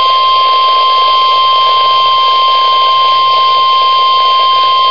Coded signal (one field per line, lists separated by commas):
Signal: Emergency Alert System (SAME) tones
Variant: 1050 Hz attention tone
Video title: EAS Alert #4-5 - 2012 Wisconsin Statewide Tornado Drill 4/19/12